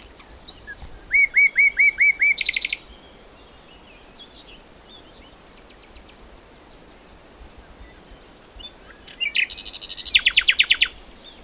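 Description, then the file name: Common nightingale singing a row of repeated hooked whistles that breaks into a dense rattle, then after a long silence a fast, harsh, pulsing trill. "Luscinia megarhynchos"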